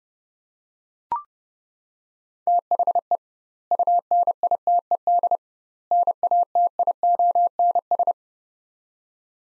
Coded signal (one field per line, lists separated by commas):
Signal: Morse code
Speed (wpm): 30 wpm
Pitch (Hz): 700 Hz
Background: none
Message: THE UNITED NATIONS